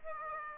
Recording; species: mosquito wingbeat signal from an infrared sensor; Aedes aegypti